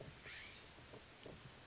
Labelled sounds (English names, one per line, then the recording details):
California Scrub-Jay
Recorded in Sonoma County, California